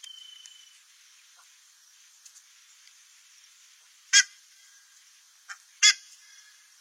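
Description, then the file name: Buff-necked ibis giving two loud, rasping honks a couple of seconds apart, with faint softer notes and a brief thin whistle early on. "canto da curicaca"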